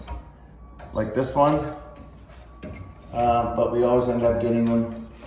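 A fluorescent tube is handled and pushed up into the sockets of an office light fixture's lampholders while someone talks, with brief knocks at about 0.1 s and 2.6 s. Nothing has seated or clicked into place yet.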